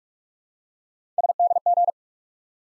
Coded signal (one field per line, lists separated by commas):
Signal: Morse code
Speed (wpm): 43 wpm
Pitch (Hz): 700 Hz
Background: none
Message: SDG